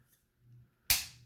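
The plastic back panel of a Transformers Earthrise Voyager Starscream robot figure is folded up and pressed into the body. After a faint low rustle, a sharp, bright snap at 0.9 s marks the panel locking into place, and it fades over the next few tenths of a second.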